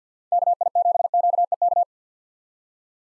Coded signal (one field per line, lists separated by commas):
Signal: Morse code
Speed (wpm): 50 wpm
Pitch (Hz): 700 Hz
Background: none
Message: KI7QEK